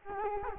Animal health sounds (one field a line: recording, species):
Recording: mosquito wingbeat signal from an infrared sensor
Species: Culex quinquefasciatus